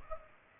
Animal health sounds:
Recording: mosquito wingbeat signal from an infrared sensor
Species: Aedes aegypti

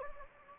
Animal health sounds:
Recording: mosquito wingbeat signal from an infrared sensor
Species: Anopheles gambiae

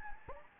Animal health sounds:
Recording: mosquito wingbeat signal from an infrared sensor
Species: Anopheles gambiae

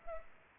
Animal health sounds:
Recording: mosquito wingbeat signal from an infrared sensor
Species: Culex pipiens

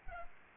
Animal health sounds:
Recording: mosquito wingbeat signal from an infrared sensor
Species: Aedes albopictus

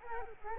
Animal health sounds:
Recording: mosquito wingbeat signal from an infrared sensor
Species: Culex quinquefasciatus

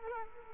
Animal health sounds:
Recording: mosquito wingbeat signal from an infrared sensor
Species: Culex quinquefasciatus

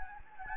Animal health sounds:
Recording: mosquito wingbeat signal from an infrared sensor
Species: Anopheles gambiae

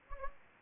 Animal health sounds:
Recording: mosquito wingbeat signal from an infrared sensor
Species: Anopheles gambiae

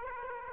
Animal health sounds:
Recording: mosquito wingbeat signal from an infrared sensor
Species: Aedes aegypti

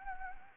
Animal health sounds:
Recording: mosquito wingbeat signal from an infrared sensor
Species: Anopheles gambiae

